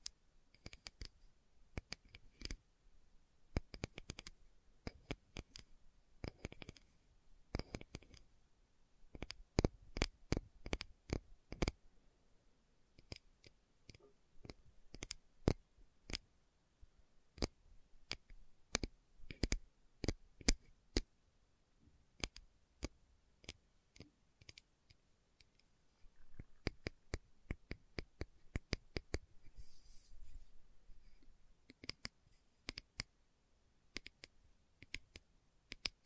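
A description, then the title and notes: Slow tapping plays as a series of crisp, sharp taps, sometimes single and sometimes in quick little clusters, spread unevenly across the whole stretch. Gaps of near silence separate many of them, and each tap is short and bright with a light clicking edge. ASMR Slow Tapping for Deep Sleep (No Talking).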